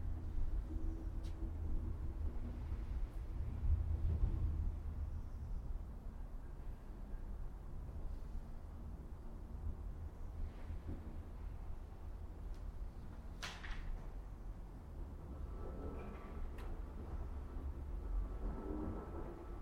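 Ambience recorded at a mausoleum: a steady, heavy low rumble runs throughout, like traffic or machinery. Sharp clicks or taps land now and then, the loudest near thirteen seconds, and faint murmuring sounds rise briefly around four seconds and again toward the end.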